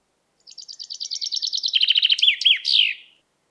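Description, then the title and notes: Common chaffinch song: a quick series of bright notes that drops in pitch, ending with a short flourish. "Chaffinch. Зяблик by deepsweet"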